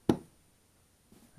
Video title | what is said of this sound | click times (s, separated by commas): How to take apart and clean a pipe slice | to hear the click there | 0.1 s